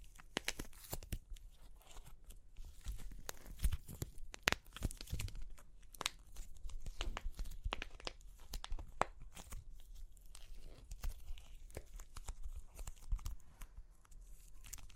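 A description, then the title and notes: Crunchy clay cracking fills the recording with dense, irregular snaps and crackles, many sharp bursts per second with no steady rhythm. Louder cracks stand out around three to five seconds and again near nine and thirteen seconds, over a low, rumbling handling noise. Super Crunchy Clay Cracking (No Talking).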